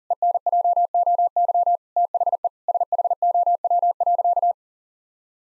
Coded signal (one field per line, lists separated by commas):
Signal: Morse code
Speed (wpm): 40 wpm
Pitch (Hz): 700 Hz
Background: none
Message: ENJOY THE SHOW.